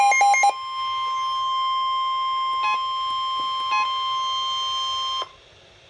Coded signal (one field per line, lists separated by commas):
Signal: Emergency Alert System (SAME) tones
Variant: 1050 Hz attention tone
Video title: Severe Thunderstorm Warning - EAS #442